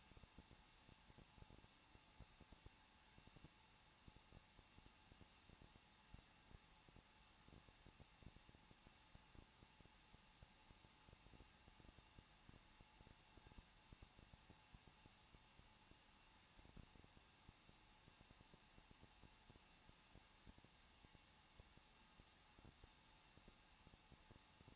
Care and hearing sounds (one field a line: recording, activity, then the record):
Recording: daily activity, microphone in the room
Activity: no activity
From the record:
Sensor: 1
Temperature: 20.1 degrees Celsius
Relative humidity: 39.1%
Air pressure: 1006.4 hPa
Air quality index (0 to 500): 216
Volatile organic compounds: 73 ppm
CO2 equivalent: 3544 ppm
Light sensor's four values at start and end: 1/2/1/1 and 1/2/1/1